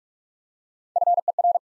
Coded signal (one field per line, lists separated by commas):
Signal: Morse code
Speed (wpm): 43 wpm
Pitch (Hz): 700 Hz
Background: none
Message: FER